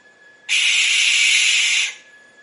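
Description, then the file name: Barn owl producing one long rasping, breathy shriek near one and a half seconds, steady and loud, then fading out. "canto da coruja de celeiro"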